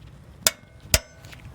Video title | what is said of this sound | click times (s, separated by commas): Replace Your 2005 Acura TSX Rear Engine Mount | you'll know it reaches its torque limit when you hear it click it's | 0.5 s, 0.9 s